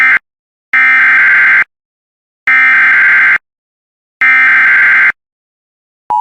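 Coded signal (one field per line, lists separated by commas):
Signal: Emergency Alert System (SAME) tones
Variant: header bursts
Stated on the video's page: IPAWS weekly test alerts.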